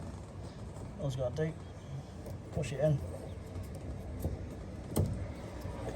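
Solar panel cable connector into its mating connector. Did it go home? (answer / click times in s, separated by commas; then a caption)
yes / 5.0 s. Someone talks while pushing the two halves of a plastic solar panel cable connector together during panel wiring. A sharp click is heard at 5.0 s as the connector seats into its mating connector.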